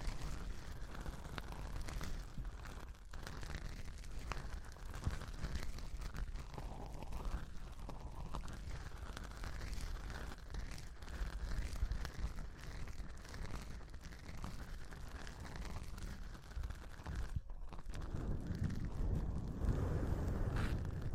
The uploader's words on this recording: TimASMR- strong ear attention Grab the microphone slowly. (no talking).